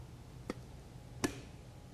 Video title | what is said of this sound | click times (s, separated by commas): Tree Care Equipment | it actually automatically snaps back into place and even without the cap this will not pour fuel | 1.2 s